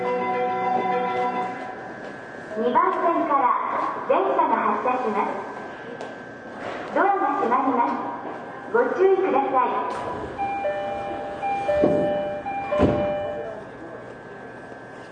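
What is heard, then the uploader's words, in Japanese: Onboard a Tokyo Waterfront Area Rapid Transit 70-000 series train running from Shinjuku toward Shin-Kiba, recorded on the JR Saikyō Line into the Rinkai Line. Bursts of speech come and go over a steady running hum, and sustained tones ring from about ten seconds, with sharp clunks near twelve and thirteen seconds. 東京臨海高速鉄道70-000形 新宿〜新木場。JR埼京線→りんかい線の区間で録音。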